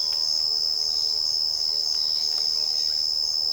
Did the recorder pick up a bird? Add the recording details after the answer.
yes. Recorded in secondary vegetation near Puerto Asís, Putumayo, Colombia, on 12 March 2025 at 10:00. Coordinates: 0.488, -76.319. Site G095